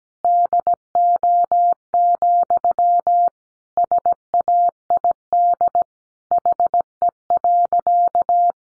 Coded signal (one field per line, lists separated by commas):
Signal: Morse code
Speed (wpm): 17 wpm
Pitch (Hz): 700 Hz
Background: none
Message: DO, SAID HE.